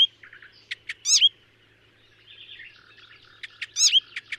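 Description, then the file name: Icterine warbler song: a few sharp notes and a loud slurred phrase, a quieter scratchy passage, then sharp notes and the loud phrase again. "Hypolais icterine"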